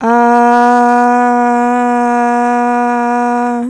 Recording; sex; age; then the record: sustained vowel /a/; female; 18 to 19 years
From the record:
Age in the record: 19 years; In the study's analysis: included